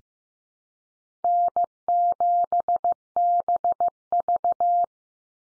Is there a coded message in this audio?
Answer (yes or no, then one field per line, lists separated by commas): yes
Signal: Morse code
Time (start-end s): 1.2-4.8 s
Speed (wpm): 15 wpm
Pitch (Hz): 700 Hz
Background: none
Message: N7BV